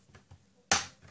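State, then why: Released. A plastic card pries open the plastic case of an ASUS T100 tablet keyboard dock, and the latches release one after another. Two faint taps come at about 0.2 and 0.3 s, then a loud, sharp, broadband snap at 0.7 s as a plastic case clip lets go, decaying over the following quarter second. The clip is released.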